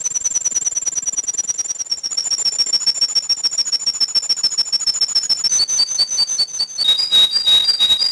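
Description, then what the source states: Canary delivering a rapid, even trill of high whistled notes that gradually drops in pitch, then switches to slower, lower two-note phrases. Bunting-type song (ovsyanochny napev).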